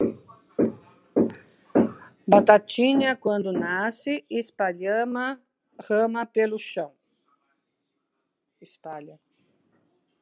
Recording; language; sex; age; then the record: short text; Brazilian Portuguese; female; 60 to 69 years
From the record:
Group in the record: control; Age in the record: 62 years